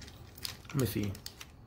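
The plastic foot of a Masterpiece Transformer MP-25 Tracks figure is worked back and forth against its leg joint to check the click, with faint plastic ticks and handling noise while someone briefly talks. The clip ends with the foot still not home in the joint; nothing has seated or clicked into place yet.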